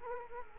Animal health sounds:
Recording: mosquito wingbeat signal from an infrared sensor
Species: Culex quinquefasciatus

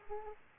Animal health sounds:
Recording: mosquito wingbeat signal from an infrared sensor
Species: Aedes aegypti

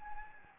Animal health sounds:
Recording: mosquito wingbeat signal from an infrared sensor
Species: Anopheles gambiae

